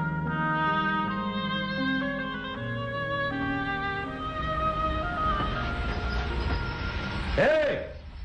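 A train rolls in with a steady low rumble and layered metallic whining tones that slowly shift in pitch, then a brief rising-and-falling squeal of brakes as it comes to a halt.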